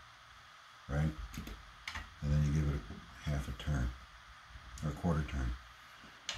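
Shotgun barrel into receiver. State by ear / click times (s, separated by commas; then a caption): seated / 6.3 s. The barrel of an Ithaca Model 37 Featherlight 20 gauge pump shotgun is inserted into the steel receiver and given a quarter turn until its lug lines up while someone talks. A single sharp metallic tick sounds at 6.3 s as the barrel turns and locks onto the receiver, seated.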